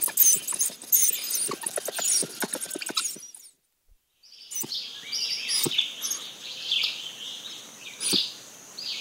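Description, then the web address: White-nosed coati giving dense, high-pitched chittering and squeaky calls mixed with sharp clicks, pausing briefly midway, then resuming with softer squeals and scattered taps. South American rainforest. "Natures Songs S America Mammals of the Rainforest White-nosed Coati"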